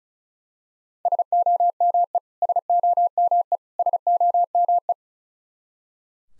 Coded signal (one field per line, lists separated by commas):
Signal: Morse code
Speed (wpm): 36 wpm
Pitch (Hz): 700 Hz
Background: none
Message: SOME SOME SOME